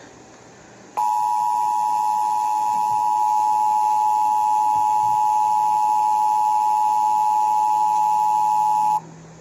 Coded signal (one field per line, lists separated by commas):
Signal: Emergency Alert System (SAME) tones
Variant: 853 and 960 Hz attention tone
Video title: Cason Garrett EAS Mini Scenario (THANKSGIVING SPECIAL)